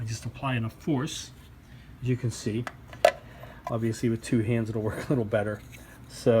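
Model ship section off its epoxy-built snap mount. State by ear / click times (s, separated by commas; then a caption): released / 3.0 s. A snap-fit model ship section is pulled off its epoxy-built snap mount with force while someone talks, and it releases with a sharp click at 3.1 seconds. The section comes free of the mount, and pulling it off works better with two hands.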